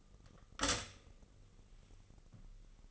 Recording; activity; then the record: daily activity, microphone in the room; stop toaster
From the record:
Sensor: 4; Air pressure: 995.9 hPa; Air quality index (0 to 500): 67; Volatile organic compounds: 2 ppm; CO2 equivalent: 1226 ppm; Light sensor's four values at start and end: 12/28/11/12 and 12/28/11/12